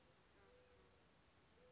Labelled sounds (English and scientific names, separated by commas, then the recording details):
Mourning Dove (Zenaida macroura)
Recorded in Sonoma County, California